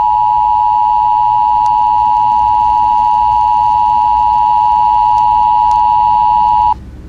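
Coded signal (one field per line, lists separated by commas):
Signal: Emergency Alert System (SAME) tones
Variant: 853 and 960 Hz attention tone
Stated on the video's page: Simulated EAS scenario, not a real alert.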